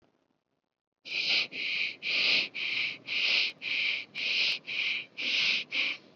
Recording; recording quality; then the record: deep breathing; excellent, no background noise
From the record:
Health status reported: exposed to COVID-19, no respiratory illness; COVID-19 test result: negative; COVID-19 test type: RT-PCR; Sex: male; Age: 22 years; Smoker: no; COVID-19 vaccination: one dose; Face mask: worn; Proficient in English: yes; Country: India